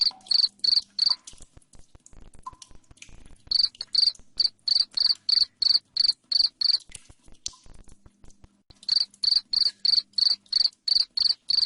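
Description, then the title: Cricket chirping in long bursts of loud regular chirps, about three per second, separated by short pauses with soft clicking and a faint low hum. Loud cricket chirping used to make lovebirds sing continuously. "Suara JANGKRIK NGERIK Keras Bikin LOVEBIRD Jadi NGEKEK Terus Vubey"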